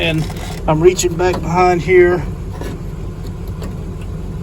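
Someone talks while reaching behind the driver's door of a 2003 Dodge Durango for the power wire of the new window regulator, to plug the wiring harness connector into the regulator motor plug. A steady low hum runs underneath the voice. Nothing has been plugged in or clicked yet.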